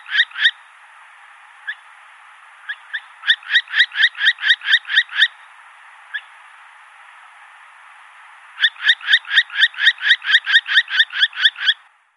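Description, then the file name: Northern hawk-owl uttering scattered single screechy notes and long quick runs of harsh, repeated yelps, with a steady hiss behind. "Hokuggla"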